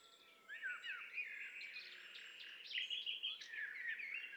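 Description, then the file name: Common nightingale song, varied whistled and chattering phrases starting after half a second, with low steady background noise throughout. "Luscinia megarhynchos"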